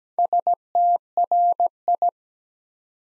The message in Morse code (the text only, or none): STRI